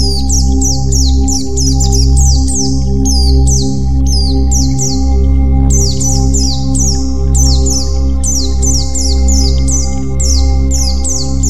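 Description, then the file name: White-eye song built from repeated high, downward-slurred whistled notes in fast runs, a brief pause midway, steady low hum throughout. "pleci"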